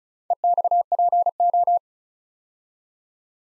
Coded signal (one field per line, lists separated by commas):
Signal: Morse code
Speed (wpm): 35 wpm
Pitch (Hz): 700 Hz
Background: none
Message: EXPO